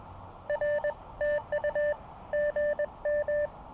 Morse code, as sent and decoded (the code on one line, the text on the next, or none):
.-. / - ..- / --. --
R TU GM